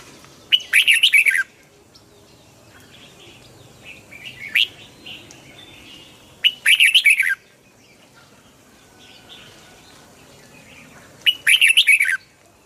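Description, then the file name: Red-whiskered bulbul giving three bursts of rich, rapid warbling song several seconds apart, with a softer isolated chirp between. Hue strain red-whiskered bulbul singing in the "giọng kép" (double-voice) song style. "Tieng chao mao hue hot giong kep"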